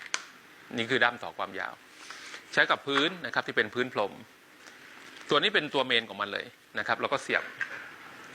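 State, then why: Not seated. A plastic main steam nozzle or extension is handled near the hose handle of a Lavor steam cleaner, ready to be pushed straight down until its lock catches. Someone talks throughout, with a sharp brief tap near 0.1 s at the start. The clip ends before the part goes home, so nothing has seated or clicked yet.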